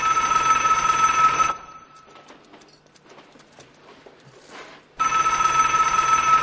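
A telephone on a desk in a dimly lit office rings twice, each loud, harsh, buzzing ring lasting over a second, separated by a long pause filled with faint rustling and clicks.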